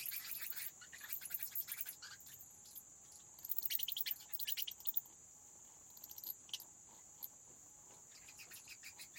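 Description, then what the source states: Bats fluttering: short rustling wing bursts coming in uneven groups over a steady high hiss. Bats flapping their wings inside a cave habitat.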